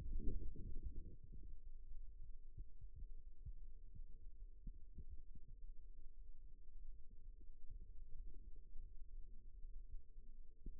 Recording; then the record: forearm muscle sounds (acoustic myography)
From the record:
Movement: rest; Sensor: system 2, bracelet of six BSWA MPA416 microphones around the upper forearm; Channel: 2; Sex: male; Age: 22 years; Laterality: right